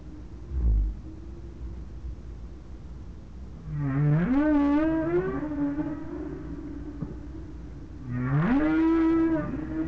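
Whale moans: two long, low, rich calls that sweep upward and then hold, spaced about four seconds apart, after a short low thump.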